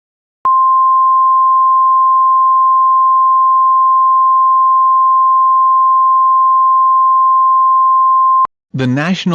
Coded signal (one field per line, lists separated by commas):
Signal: Emergency Alert System (SAME) tones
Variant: 1050 Hz attention tone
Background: speech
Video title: (FICTIONAL EAS) Catastrophic Fire Tornado Scenario - Utah to Colorado